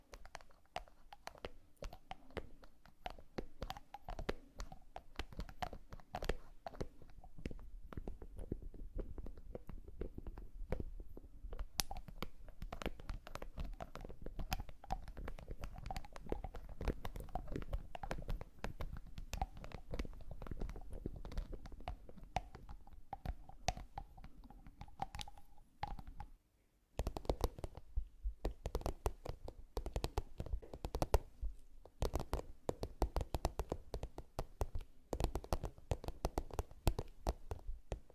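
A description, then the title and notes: Makeup triggers: dense soft tapping and brushing clicks, briefly pausing near 27 seconds before resuming slightly louder. TimASMR-ASMR 20+ Makeup Triggers For Sleep NO TALKING.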